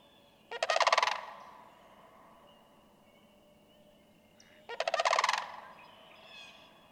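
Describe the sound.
Sandhill crane producing two loud, rolling rattled calls about four seconds apart, with quiet background between them.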